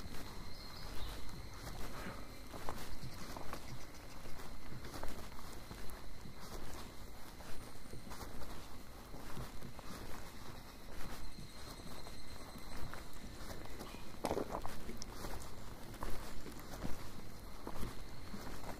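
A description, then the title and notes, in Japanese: Footsteps crunch steadily along a mountain trail on a summer evening while insects keep up a constant high, shrill drone throughout. 景信山・高尾山 - VOICE OF MOUNTAIN。夏の夕方、景信山から高尾山を歩いたときにステレオマイクで収録した音声です。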